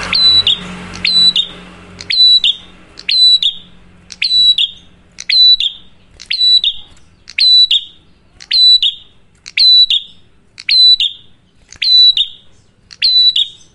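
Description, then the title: Prinia repeating loud buzzing phrases at a steady pace, about one per second; brief background rumble at the start. Prenjak in fluent (gacor), loud drawn-out song, used for luring wild birds (pikat) or training cage birds (masteran). "Masteran Duet Cililin Vs Kapas Tembak. Prenjak Gacor. Ngalun Kencang, Ampuh Banget Buat Pikat Ataupun Masteran"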